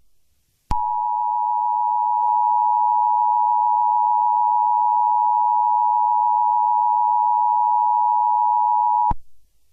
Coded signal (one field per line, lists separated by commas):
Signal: Emergency Alert System (SAME) tones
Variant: 853 and 960 Hz attention tone